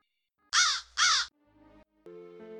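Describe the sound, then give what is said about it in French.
A raven gives two loud, harsh caws in quick succession, then quieter, steady tonal droning sounds follow. “tu n'es certes pas un poltron lugubre et ancien corbeau”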